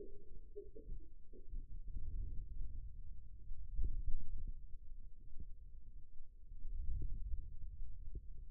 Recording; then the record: forearm muscle sounds (acoustic myography)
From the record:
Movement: wrist extension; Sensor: system 2, bracelet of six BSWA MPA416 microphones around the upper forearm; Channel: 3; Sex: male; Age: 22 years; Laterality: right